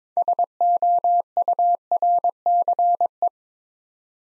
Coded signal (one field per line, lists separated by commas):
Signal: Morse code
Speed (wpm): 22 wpm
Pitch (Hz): 700 Hz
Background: none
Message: SOURCE